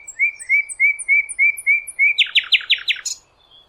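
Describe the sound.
Bird singing a quick run of short chirps that breaks into a series of harsher, buzzy notes before stopping.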